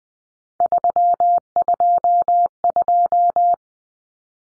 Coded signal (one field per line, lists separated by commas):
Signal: Morse code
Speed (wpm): 20 wpm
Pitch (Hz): 700 Hz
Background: none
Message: 322